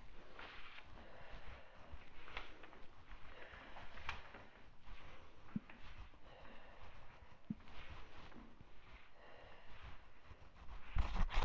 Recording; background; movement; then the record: deep breathing; quiet; walking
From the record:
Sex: female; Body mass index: 36.4 kg/m2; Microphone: on the chest, facing outward